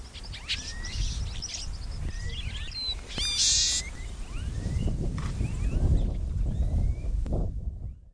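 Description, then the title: Bird chirps, short thin whistles and upward-sweeping notes, scattered over a steady low rumble with a brief louder burst of high noise midway. "LuckyPassaro Completos2Sama"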